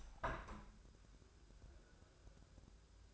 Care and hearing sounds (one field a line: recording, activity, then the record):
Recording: daily activity, microphone in the room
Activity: open window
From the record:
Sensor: 2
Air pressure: 1014.8 hPa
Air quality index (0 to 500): 78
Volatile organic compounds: 2 ppm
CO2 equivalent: 1017 ppm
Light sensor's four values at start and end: 8/19/8/8 and 8/19/8/8